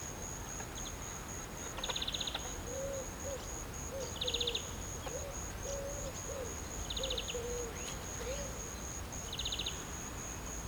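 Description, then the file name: European greenfinch calling in brief rapid chattering bursts every two to three seconds, while low hooting notes run underneath and a constant thin high-pitched whine persists. "Chloris chloris"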